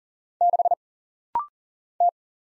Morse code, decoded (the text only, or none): 6 T